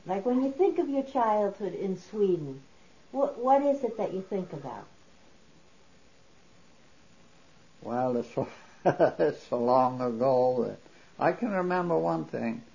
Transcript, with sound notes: When you think of your childhood in Sweden, what is it that you think about?
Well, ( he laughs ) it's so long ago. I can remember one thing.